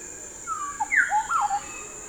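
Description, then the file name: Bird calls: a whistled falling note, a short low blip, then a bright downslurred note and several rising and falling whistles, with a faint steady hiss behind. "SABIOD 50 bird 2015"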